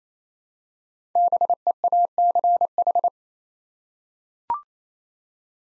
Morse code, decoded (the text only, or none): BEACH